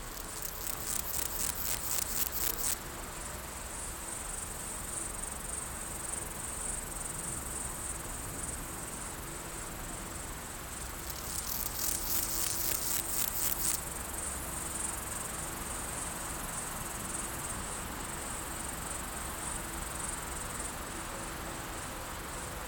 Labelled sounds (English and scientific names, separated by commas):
Steppe Grasshopper (Chorthippus dorsatus) stridulation